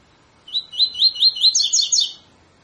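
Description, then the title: Double-collared seedeater song, a brief phrase of five or six upward-sweeping whistled notes ending in a quicker, higher-pitched flourish. Tutor song used for training birds; song style called tui tui fibra. "COLEIRO TUI TUI FIBRA CANTO PROFESSOR"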